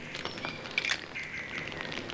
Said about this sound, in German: Horch mal, klingt so, als wären hier irgendwo Vögel. Ja, ich glaube, sie sind direkt unterm Dach.